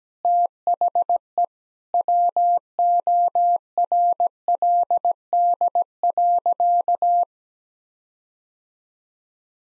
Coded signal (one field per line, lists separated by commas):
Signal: Morse code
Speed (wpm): 17 wpm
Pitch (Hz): 700 Hz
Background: none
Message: THE WORLD.